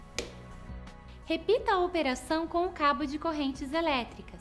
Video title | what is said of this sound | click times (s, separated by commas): Manthus Start Vídeo de Treinamento | abaixa alavanca de travamento até ouvir um clique | 0.2 s